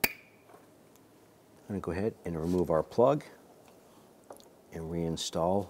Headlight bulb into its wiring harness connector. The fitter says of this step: take the harness line that up with the new bulb and just press it on until it clicks